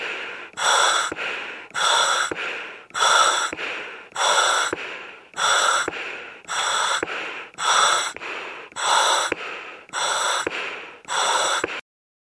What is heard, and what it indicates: Heavy Breathing on Ventilator.